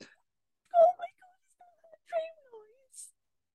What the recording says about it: My dog's having a dream. is that a dream noise? Just little like hiccups. I really worried when she first started doing that. I was like, oh my god, she's dying. And I was like, no, it's normal.